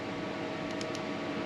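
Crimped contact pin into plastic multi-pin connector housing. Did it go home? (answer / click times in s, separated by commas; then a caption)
yes / 0.8 s. A crimped contact pin on a wire is pushed into the back of a plastic multi-pin Deutsch connector housing over a steady broadband hiss. A short, sharp click sounds at 0.8 s as the pin's clip passes the internal tongue and locks. The pin is seated and will not come back out.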